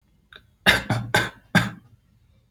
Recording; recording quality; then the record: shallow voluntary cough; excellent, no background noise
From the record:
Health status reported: healthy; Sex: male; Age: 25 years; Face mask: not worn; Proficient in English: yes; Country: India